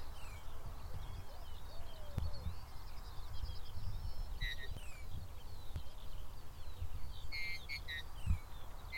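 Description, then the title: Eurasian Bullfinch giving soft whistled piping notes, scattered then in short clustered bursts near the end, over steady low rumble and occasional faint clicks. Not shy, very vocal bird giving song and calls near farmer's fields, 2020. "2020 BIRD SOUNDS FROM THE FIELD 23 (EDITED) - BULLFINCH SONG AND CALLS"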